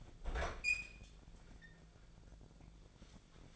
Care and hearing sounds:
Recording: daily activity, microphone in the room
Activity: open fridge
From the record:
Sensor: 5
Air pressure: 1009.8 hPa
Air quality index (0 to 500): 160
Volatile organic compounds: 4 ppm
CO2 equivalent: 1557 ppm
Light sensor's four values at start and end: 129/326/137/146 and 132/333/140/149

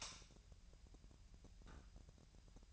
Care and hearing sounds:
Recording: daily activity, microphone in the room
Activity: light on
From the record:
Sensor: 2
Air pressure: 1001.8 hPa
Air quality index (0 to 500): 239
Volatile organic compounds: 30 ppm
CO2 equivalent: 2962 ppm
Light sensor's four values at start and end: 4/10/4/4 and 8/23/9/9

